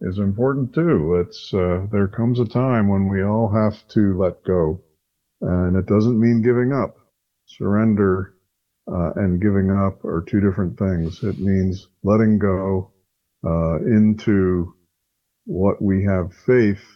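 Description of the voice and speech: Calm, fluent adult male speech, low and steady in pitch with natural pauses; an ordinary voice.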